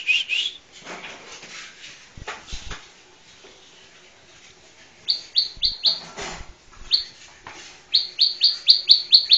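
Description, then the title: Bar-winged prinia song: scattered chirps, then runs of quick high notes, with other faint chirping in between. "Suara Burung Ciblek"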